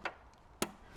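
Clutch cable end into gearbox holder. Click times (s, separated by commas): 0.6 s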